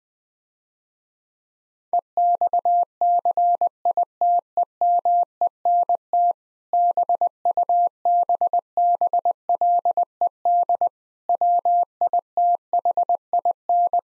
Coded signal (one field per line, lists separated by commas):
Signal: Morse code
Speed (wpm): 21 wpm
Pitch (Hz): 700 Hz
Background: none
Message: EXCITEMENT BUBBLED WITHIN